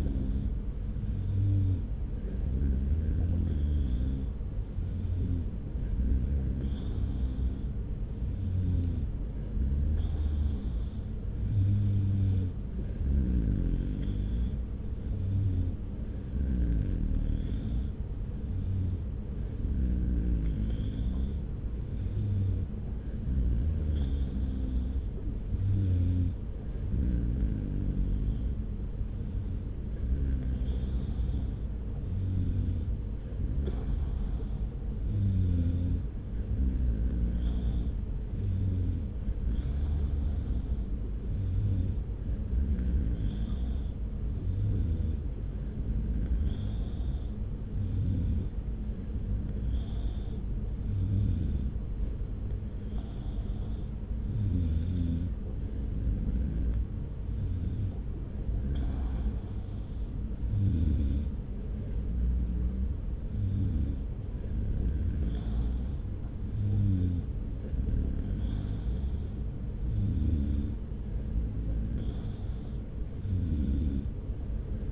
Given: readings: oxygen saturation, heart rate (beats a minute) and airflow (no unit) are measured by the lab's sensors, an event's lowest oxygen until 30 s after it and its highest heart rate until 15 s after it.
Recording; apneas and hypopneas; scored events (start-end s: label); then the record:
breathing in sleep by a smartphone at the bedside; none
none scored
From the record:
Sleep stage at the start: N2 (light sleep); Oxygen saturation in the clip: 93 to 94%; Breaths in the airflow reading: 23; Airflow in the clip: -1.0 to 1.3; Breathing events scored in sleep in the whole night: 335 in 6.7 hours asleep